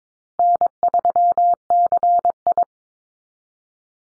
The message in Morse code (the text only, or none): N3CI